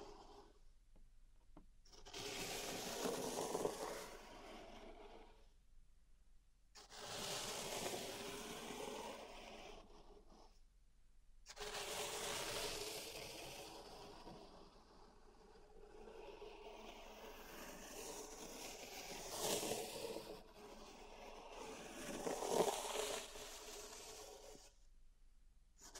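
Pink salt is raked and scraped in bursts of grainy hissing, separated by brief silences near 2, 6 and 10 seconds, swelling louder around 22 seconds.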